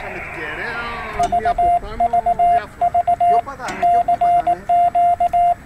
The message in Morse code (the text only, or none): VVV CQ